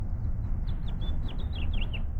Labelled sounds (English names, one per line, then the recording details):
House Finch song
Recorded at North Valley Stream on Long Island, New York, on 17 June 1975
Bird E